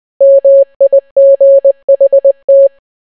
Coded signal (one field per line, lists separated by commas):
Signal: Morse code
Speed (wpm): 20 wpm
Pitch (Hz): 550 Hz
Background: none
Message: MIGHT